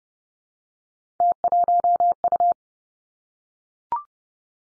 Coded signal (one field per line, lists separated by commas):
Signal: Morse code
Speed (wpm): 32 wpm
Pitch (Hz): 700 Hz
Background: none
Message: T1U